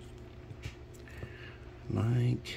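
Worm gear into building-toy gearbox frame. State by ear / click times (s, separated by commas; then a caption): not seated / none. A plastic toy worm gear is lined up in a building-toy gearbox frame before being pushed home. Only small handling noises are heard as someone talks, and nothing has snapped into place yet.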